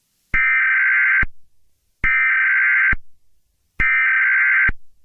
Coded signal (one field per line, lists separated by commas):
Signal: Emergency Alert System (SAME) tones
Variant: header bursts